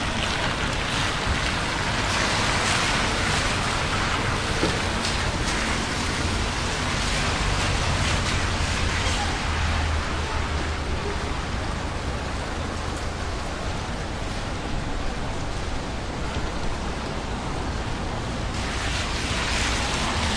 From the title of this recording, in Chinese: 晚上在城市街头的雨中行走